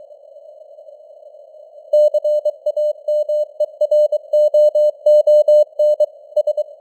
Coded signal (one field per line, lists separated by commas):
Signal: Morse code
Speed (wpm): 23 wpm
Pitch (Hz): 600 Hz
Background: none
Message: CAMEROON S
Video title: Morse Code News | 2025-10-28 | 23wpm